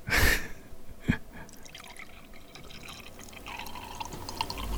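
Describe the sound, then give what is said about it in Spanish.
A drink is poured for a guest during a radio show. A sharp clink at the start is followed by a steady trickling, splashing stream of liquid that rises slightly in pitch as the glass fills. “Le servimos un trago.”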